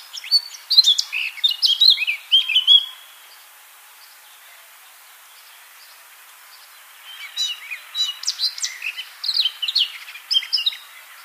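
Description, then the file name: Eurasian blackcap song in two bursts: a lively varied warble, a pause of about four seconds, then softer scratchy warbling resumes. "Sylvia atricapilla"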